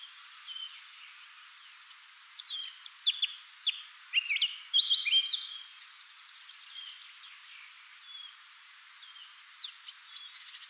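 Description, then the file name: Eurasian Blackcap song: a lively phrase of fast, varied warbled notes lasting several seconds, then a lull and a few faint later notes. "Sylvia atricapilla"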